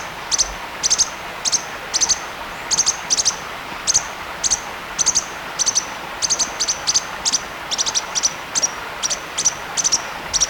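Bird calling with high chirps, singles and pairs, in a continuous series over steady background hiss.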